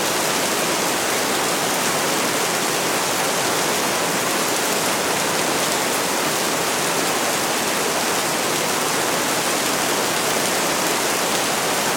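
Rain falls in a steady, dense hiss that holds unchanged for the whole stretch, with no drops standing out on their own. The sound sits mostly in the bright upper range with little low rumble, evenly spread, with nothing else heard behind it.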